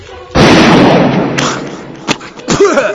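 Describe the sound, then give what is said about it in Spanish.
A loud gunshot bursts in with a sharp crack and a rough, lingering roar, followed by a few shorter snapping reports and a brief raised voice near the end. “Ya disparas.”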